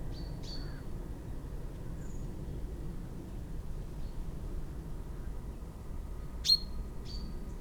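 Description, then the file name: Common chaffinch calls: a few short, sharp notes, each with a brief level whistled tail, near the start and end, over a steady low rumble. "Fringilla coelebs"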